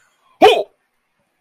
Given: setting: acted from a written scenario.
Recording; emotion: vocal sound without words; negative surprise